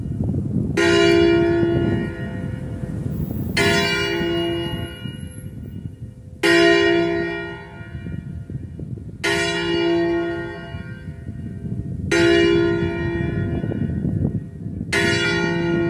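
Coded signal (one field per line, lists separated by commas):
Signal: bell signal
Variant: distesa, single swinging bell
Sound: one church bell swinging, six strikes about every three seconds, long ringing decay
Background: outdoor low rumble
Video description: [0:23] Segnale orario delle 12.00 sulla I e distesa della stessa per l'Angelus feriale del 5/9/2023.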